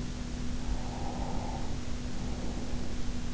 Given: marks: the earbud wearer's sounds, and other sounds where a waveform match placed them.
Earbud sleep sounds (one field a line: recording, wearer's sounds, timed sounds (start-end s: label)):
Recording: sounds in sleep by an in-ear microphone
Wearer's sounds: breath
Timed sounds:
0.56-3.03 s: breath